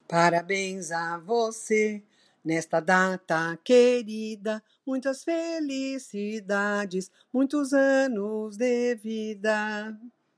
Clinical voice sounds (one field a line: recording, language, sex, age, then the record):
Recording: short text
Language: Brazilian Portuguese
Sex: female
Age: 70 to 79 years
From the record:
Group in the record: control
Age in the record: 72 years